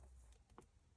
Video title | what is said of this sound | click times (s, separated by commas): Iris One.1 driveshaft build | me went in a little bit but didn't click | 0.6 s